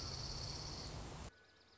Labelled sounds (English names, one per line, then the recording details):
Dark-eyed Junco
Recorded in Sonoma County, California